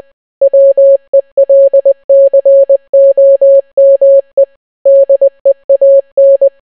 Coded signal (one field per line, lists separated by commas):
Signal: Morse code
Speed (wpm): 20 wpm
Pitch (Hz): 550 Hz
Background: none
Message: WELCOME DEAN